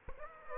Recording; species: mosquito wingbeat signal from an infrared sensor; Aedes aegypti